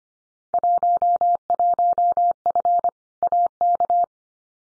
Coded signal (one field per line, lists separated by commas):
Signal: Morse code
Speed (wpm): 25 wpm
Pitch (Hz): 700 Hz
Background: none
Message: 11F AK